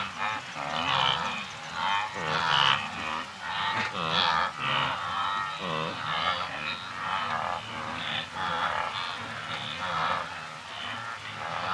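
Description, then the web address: Wildebeest herd grunting continuously, with many overlapping croaking honks at an uneven pace over a steady background hum. Several wildebeest grazing and grunting, with birds and insects in the background, in Kenya, Africa. "BBC Africa Kenya. wildebeest several grazing and grunting with birds and insects in background"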